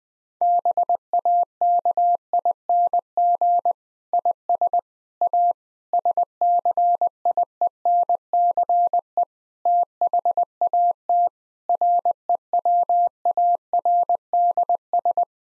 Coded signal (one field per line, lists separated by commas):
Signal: Morse code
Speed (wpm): 20 wpm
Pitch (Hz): 700 Hz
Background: none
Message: BAKING IS A SCIENCE THAT REWARDS